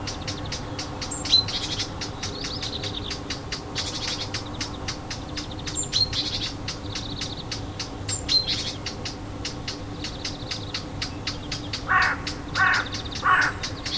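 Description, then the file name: Warbler ticking alarm notes in quick succession with buzzy chirrs, then three rough lower calls near the end over a steady hum. Alarm call; recorded 25 June 2014 with an MZ-N710 recorder. "Fauvette cri d alarme 25 06 14"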